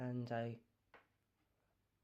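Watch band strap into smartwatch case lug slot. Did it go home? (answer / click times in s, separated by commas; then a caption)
yes / 0.9 s. Someone talks briefly, then the second band strap is slid into the lug slot on an Apple Watch Series 4 Nike+ case. It latches home with a small, sharp click at 0.9 s, followed by quiet. The strap is seated in the slot.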